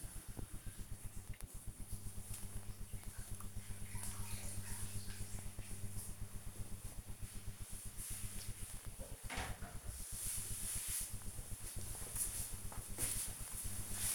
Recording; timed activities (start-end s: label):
household activities, microphone on the right wrist
none